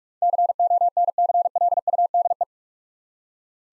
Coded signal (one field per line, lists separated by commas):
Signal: Morse code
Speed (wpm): 46 wpm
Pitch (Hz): 700 Hz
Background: none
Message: CONCLUDE